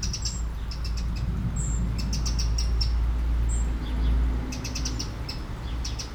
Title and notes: Aveize, France - Merle - Blackbird. 20170712-Merle et ruisseau. Bord de ruisseau, un merle, quelques mouches, des avions au loin